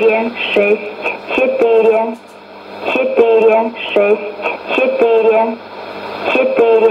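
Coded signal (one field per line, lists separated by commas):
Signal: numbers station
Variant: S06s, Russian female voice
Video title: 23 10 2019 S06s Russian Lady numbers station in Russian to Eu 0840 on 9952 unknown tx site USB+AM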